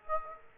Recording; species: mosquito wingbeat signal from an infrared sensor; Aedes aegypti